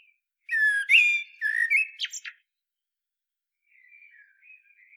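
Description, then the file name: Common blackbird: a loud burst of notes with rich overtones, some gliding downward, then a quick twittering run and faint, thin trailing notes after a pause. "Turdus merula"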